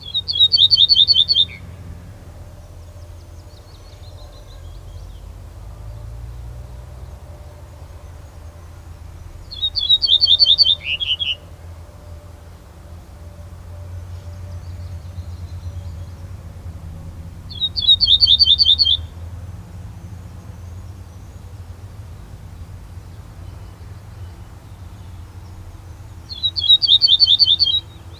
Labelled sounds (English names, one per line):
Ortolan Bunting song